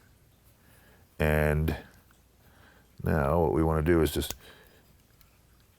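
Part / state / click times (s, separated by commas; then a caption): magazine extension onto pistol magazine base / seated / 5.2 s. A large plastic magazine extension is squeezed slightly so it fits over the tabs at the base of a pistol magazine, while someone talks. A small click at 5.2 s shows the extension seating onto the tabs.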